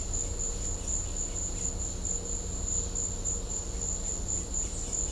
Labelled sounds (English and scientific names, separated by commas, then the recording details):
none
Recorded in secondary vegetation near Puerto Asís, Putumayo, Colombia, on 21 December 2024 at 13:30
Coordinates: 0.500, -76.326
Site G065